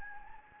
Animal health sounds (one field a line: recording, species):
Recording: mosquito wingbeat signal from an infrared sensor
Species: Anopheles gambiae